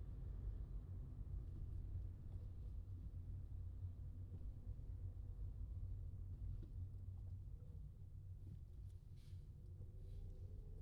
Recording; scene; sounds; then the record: everyday scene through a hearing-aid microphone; in a vehicle; engine, traffic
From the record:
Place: Skoda Fabia, gasoline engine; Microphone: in the ear canal, left